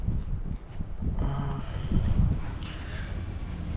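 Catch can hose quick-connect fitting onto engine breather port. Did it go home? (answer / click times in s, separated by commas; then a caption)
no / none. The second hose end of an 034 catch can's quick-connect fitting is handled and lined up on the PCV breather port of an Audi B9 S4 engine. Low rumbling, wind-like noise and soft handling rustles are heard, with brief sharp taps at about 1.2 and 2.6 seconds. The connector is only positioned, and nothing has seated or clicked yet.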